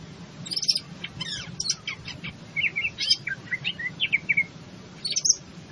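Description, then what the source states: Greater green leafbird song: varied high chips and slurred whistles, including repeated downward-sliding notes, delivered in uneven bursts throughout. In full song, a style called gacor.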